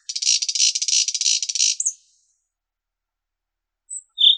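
Common nightingale song phrase: a rapid, dry, buzzy trill of repeated notes lasting under two seconds, then silence and two brief high notes at the end.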